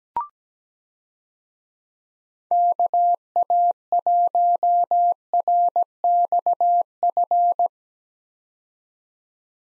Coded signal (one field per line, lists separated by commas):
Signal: Morse code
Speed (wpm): 17 wpm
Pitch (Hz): 700 Hz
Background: none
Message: KA1RXF